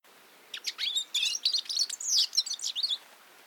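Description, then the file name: European goldfinch song: a quick, tinkling run of high twittering and buzzy notes lasting about two and a half seconds, with quiet background. "Carduelis carduelis"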